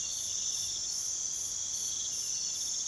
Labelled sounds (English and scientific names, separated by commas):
none